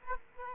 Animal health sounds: mosquito wingbeat signal from an infrared sensor; Aedes aegypti

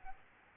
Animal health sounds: mosquito wingbeat signal from an infrared sensor; Aedes albopictus

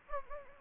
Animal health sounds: mosquito wingbeat signal from an infrared sensor; Anopheles gambiae

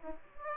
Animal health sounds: mosquito wingbeat signal from an infrared sensor; Aedes aegypti

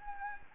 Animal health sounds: mosquito wingbeat signal from an infrared sensor; Anopheles gambiae

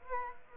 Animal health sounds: mosquito wingbeat signal from an infrared sensor; Aedes aegypti

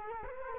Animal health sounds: mosquito wingbeat signal from an infrared sensor; Culex quinquefasciatus

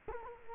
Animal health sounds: mosquito wingbeat signal from an infrared sensor; Culex quinquefasciatus

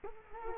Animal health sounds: mosquito wingbeat signal from an infrared sensor; Culex quinquefasciatus

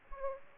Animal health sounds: mosquito wingbeat signal from an infrared sensor; Aedes aegypti

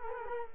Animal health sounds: mosquito wingbeat signal from an infrared sensor; Culex quinquefasciatus

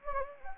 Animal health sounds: mosquito wingbeat signal from an infrared sensor; Anopheles gambiae

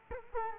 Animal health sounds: mosquito wingbeat signal from an infrared sensor; Culex quinquefasciatus

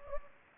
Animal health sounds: mosquito wingbeat signal from an infrared sensor; Anopheles gambiae

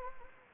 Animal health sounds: mosquito wingbeat signal from an infrared sensor; Anopheles gambiae

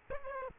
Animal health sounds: mosquito wingbeat signal from an infrared sensor; Aedes aegypti

